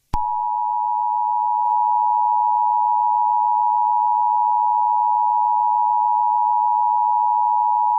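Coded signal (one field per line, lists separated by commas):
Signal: Emergency Alert System (SAME) tones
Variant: 853 and 960 Hz attention tone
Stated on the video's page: Fictional EAS scenario, simulated rather than a real alert.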